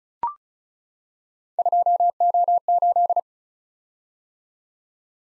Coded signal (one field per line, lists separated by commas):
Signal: Morse code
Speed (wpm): 36 wpm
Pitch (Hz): 700 Hz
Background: none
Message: 2O8